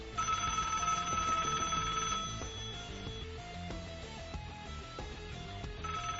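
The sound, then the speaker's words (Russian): A telephone rings on its own, a steady electronic trill that gives way to a run of stepped tonal notes like a melodic ringtone, fairly loud and with no voices. “Телефонный звонок в полной тишине заставил меня подпрыгнуть.”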